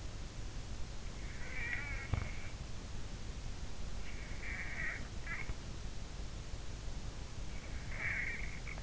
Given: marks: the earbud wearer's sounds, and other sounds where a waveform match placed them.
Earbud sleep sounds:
sounds in sleep by an in-ear microphone; snoring breath
1.24-2.46 s: snoring breath
4.40-5.65 s: snoring breath
7.93-8.83 s: snoring breath

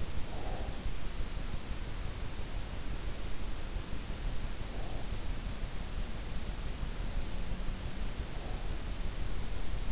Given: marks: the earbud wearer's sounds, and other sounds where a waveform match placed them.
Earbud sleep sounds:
sounds in sleep by an in-ear microphone; breath
0.00-1.06 s: breath

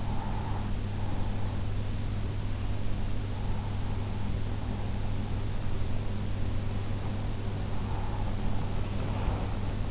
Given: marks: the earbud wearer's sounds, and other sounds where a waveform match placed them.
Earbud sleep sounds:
sounds in sleep by an in-ear microphone; breath
0.00-1.88 s: breath
7.40-9.83 s: breath

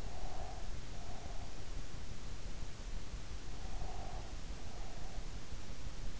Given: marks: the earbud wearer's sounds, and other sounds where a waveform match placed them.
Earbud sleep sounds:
sounds in sleep by an in-ear microphone; breath
0.00-1.58 s: breath
3.76-5.25 s: breath

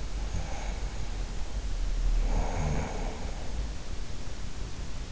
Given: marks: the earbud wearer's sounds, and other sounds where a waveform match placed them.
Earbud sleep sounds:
sounds in sleep by an in-ear microphone; snoring breath
0.40-4.01 s: snoring breath

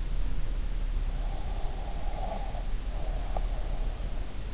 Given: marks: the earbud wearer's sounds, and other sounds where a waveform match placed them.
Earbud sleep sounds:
sounds in sleep by an in-ear microphone; breath
1.24-3.90 s: breath

